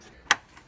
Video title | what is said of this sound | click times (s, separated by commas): Mercedes Transmission fluid flush -Error codes P0730, P1709, P1697 Fixed! | I think you hear a snappy sound like that | 0.3 s